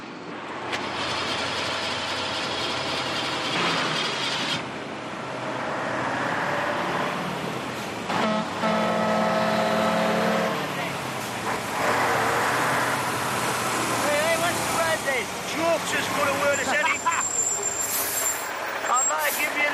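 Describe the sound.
A car engine is cranked over, its starter grinding and churning in uneven bursts amid loud mechanical rumble and hiss, with voices talking over the noise.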